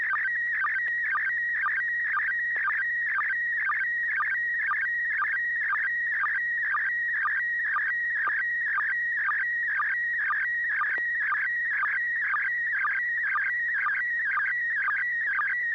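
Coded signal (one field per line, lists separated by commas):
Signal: SSTV (slow-scan television)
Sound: warbling tone sweeping around 1.5-2.3 kHz with rapid regular sync chirps, several per second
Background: low steady hum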